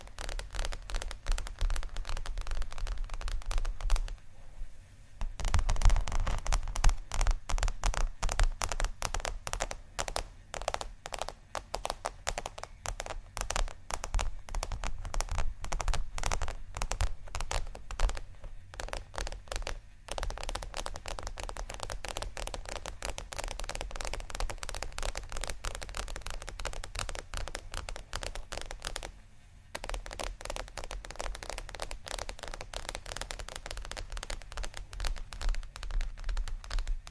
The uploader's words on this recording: ASMR 2 Magic Textures (scratching, Tapping)（No Talking）.